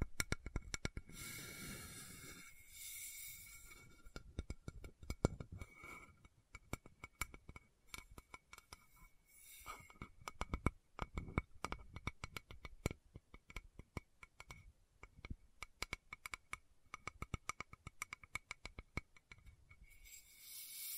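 Lid sounds and bottle tapping: quick, irregular clicks and clinks run throughout, with bright ringing tones that hang briefly after some hits. A rougher scraping layer is heavier in the first few seconds and returns around 5 and 10 seconds.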